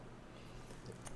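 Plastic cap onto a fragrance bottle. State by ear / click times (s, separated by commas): not seated / none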